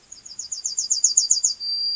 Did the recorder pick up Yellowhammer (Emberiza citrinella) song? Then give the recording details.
yes. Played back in grassland. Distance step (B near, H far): C. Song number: 111